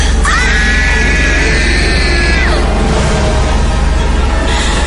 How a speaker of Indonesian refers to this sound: Seketika itu juga aku berteriak dengan kencang.